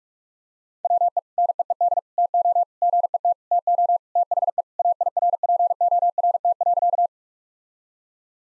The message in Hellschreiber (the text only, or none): none